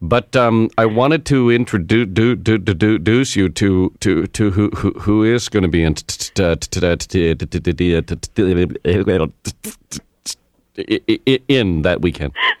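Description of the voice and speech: Adult man on a prank phone call imitates stuttering, with rapid syllable repetitions, stretched sounds and long silent blocks.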